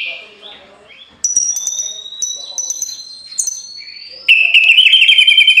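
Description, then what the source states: White-rumped shama: whistled songbird phrases: high thin notes and sharp chips after a quiet start, then a sudden loud rolling trill of repeated notes. Masteran training full rolling (ngerol) song with shooting (nembak) notes, for teaching caged birds.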